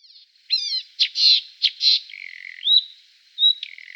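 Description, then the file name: Marsh warbler song with a few harsh, buzzy notes, a rising whistle and a short clear whistled note, separated by brief pauses. "Sumpfrohrsaenger"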